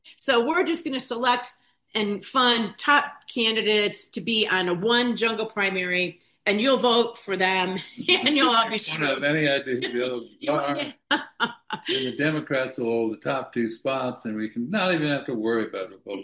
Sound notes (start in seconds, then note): 7.8 laughs; 9.8 laughs